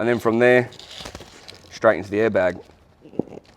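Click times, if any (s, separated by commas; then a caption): 3.2 s. Someone talks while a plastic air line is pushed into the push-to-connect fitting on an Airman suspension airbag. A small, sharp click is heard at 3.2 s as the line seats in the fitting, showing it is installed correctly.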